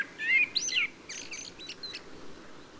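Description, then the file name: Common blackbird singing: a few loud, sweeping notes followed by fainter, thin high notes that trail off, against faint background hiss. "Turdus merula"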